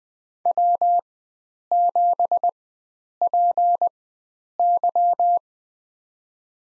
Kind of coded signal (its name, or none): Morse code